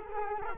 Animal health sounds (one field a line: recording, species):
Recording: mosquito wingbeat signal from an infrared sensor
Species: Culex quinquefasciatus